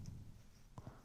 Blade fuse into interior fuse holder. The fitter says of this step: Make sure it clicks in place.